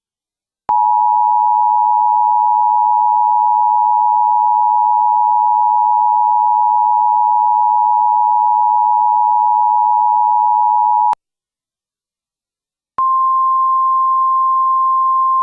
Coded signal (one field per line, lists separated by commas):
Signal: Emergency Alert System (SAME) tones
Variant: 853 and 960 Hz attention tone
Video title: EAS SEVERE T'WATCH FOR TX,AR,OK.